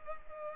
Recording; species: mosquito wingbeat signal from an infrared sensor; Culex pipiens